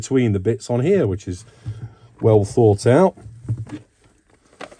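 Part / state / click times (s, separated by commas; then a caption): plastic lid of a screwdriver bit case / seated / 4.6 s. Someone talks while a bit holder is slotted between the bits in a screwdriver bit case, followed by a few faint handling sounds. The plastic lid of the bit case then shuts with a short, sharp click at 4.6 s, and it is closed.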